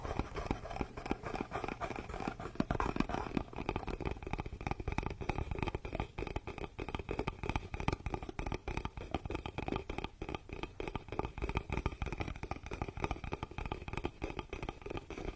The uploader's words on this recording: The massage SPA with ASMR wood products provides ultimate numbness, comfort and relaxation.